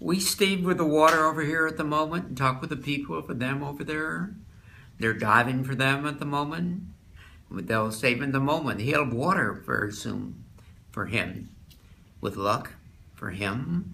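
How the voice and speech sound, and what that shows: Adult man with Wernicke's (receptive) aphasia after a stroke, a clot in the inferior division of the left middle cerebral artery damaging Wernicke's area. Speech is fluent and well articulated with natural intonation, but nonsensical: unrelated words strung together into word salad, with recurring stock phrases like 'at the moment' and 'for them'. He is unaware he is speaking gibberish.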